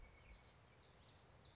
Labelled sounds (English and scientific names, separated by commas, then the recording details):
Common Yellowthroat (Geothlypis trichas)
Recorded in Sonoma County, California